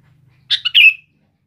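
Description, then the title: Sooty-headed bulbul giving a short, bright, chattering phrase of three slurred notes that ends in a brief trailing whistle, with otherwise near silence. "Kutilang"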